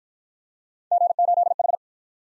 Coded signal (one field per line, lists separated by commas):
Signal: Morse code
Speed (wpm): 50 wpm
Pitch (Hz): 700 Hz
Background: none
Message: G8H